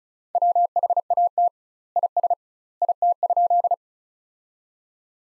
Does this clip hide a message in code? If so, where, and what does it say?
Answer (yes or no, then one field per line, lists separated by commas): yes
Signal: Morse code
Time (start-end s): 0.3-3.7 s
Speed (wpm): 36 wpm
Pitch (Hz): 700 Hz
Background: none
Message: WHAT IS IT?